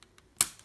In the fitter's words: And there, you hear that click? That's when it gets loose.